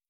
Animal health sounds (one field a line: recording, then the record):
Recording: hydrophone in a shrimp aquaculture tank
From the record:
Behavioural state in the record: stressed